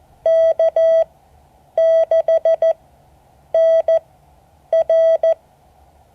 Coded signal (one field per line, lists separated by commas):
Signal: Morse code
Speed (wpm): 14 wpm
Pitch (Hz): 650 Hz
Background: none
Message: K6NR